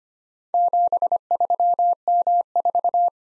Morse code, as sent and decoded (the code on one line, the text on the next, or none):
--... ...-- -- ....-
73M4